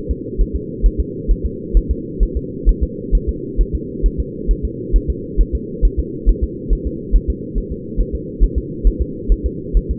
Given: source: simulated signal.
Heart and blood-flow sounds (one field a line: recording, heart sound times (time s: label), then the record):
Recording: fetal heart sounds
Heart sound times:
0.11 s: S2
0.41 s: S1
0.56 s: S2
0.86 s: S1
1.00 s: S2
1.31 s: S1
1.46 s: S2
1.77 s: S1
1.91 s: S2
2.23 s: S1
2.37 s: S2
2.69 s: S1
2.83 s: S2
3.15 s: S1
3.29 s: S2
3.61 s: S1
3.75 s: S2
4.06 s: S1
4.20 s: S2
4.51 s: S1
4.65 s: S2
4.96 s: S1
5.10 s: S2
5.41 s: S1
5.55 s: S2
5.85 s: S1
5.99 s: S2
6.29 s: S1
6.44 s: S2
6.73 s: S1
6.87 s: S2
7.16 s: S1
7.30 s: S2
7.58 s: S1
7.72 s: S2
8.01 s: S1
8.15 s: S2
8.44 s: S1
8.58 s: S2
8.87 s: S1
9.02 s: S2
9.32 s: S1
9.46 s: S2
9.77 s: S1
9.91 s: S2
From the record:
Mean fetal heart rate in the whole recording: 135 bpm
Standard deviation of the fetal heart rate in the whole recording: 3 bpm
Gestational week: 36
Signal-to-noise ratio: -4.1 dB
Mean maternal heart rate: no maternal heart sound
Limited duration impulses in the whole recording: absent